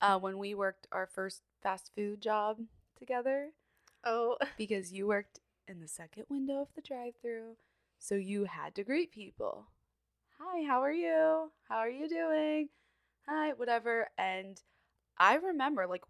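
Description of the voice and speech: A woman speaks fluently in a conversational tone, with ordinary pauses and no disfluency.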